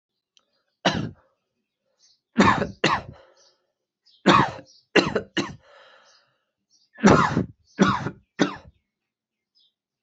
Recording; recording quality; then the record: heavy voluntary cough; excellent, no background noise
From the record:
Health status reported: healthy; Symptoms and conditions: none ticked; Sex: male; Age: 25 years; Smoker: not ticked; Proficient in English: yes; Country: India